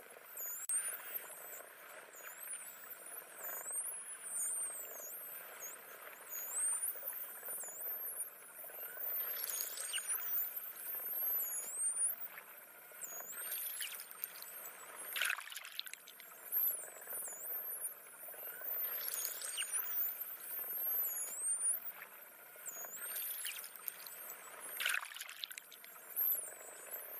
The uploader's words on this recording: Dolphins Voices with Whistle - Nature Sounds.